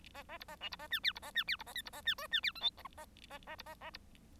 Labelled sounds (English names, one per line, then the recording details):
Bengalese Finch song
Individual Bird1